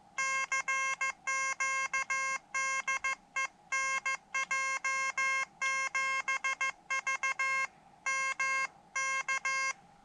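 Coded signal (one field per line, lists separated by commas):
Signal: Morse code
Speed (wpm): 15 wpm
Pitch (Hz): 2150 Hz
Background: none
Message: CQ DE NJ7V M K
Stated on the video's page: Morse sent on an Elecraft KH1 during a Summits on the Air summit activation, QRP portable operation.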